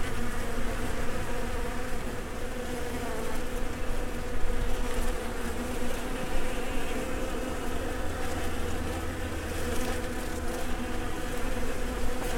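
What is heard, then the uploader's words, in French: Bees drone in a dense, steady swarm, their buzzing layered into a continuous hum with several held pitches. The level stays even throughout, with slight swells as individual insects pass, and a faint low rumble sits underneath. Abeilles.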